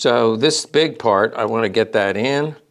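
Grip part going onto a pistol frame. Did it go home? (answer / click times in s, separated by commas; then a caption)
no / none. A large grip part is handled as it is about to go onto a Walther PPK pistol frame during reassembly of the grip, while someone talks throughout. Nothing has seated or clicked yet; the part is not yet home when the clip ends.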